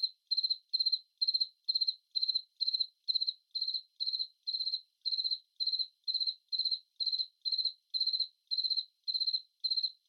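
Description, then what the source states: Cricket chirps, short high trilled bursts repeated about twice a second in an even rhythm against silence. Crickets at night.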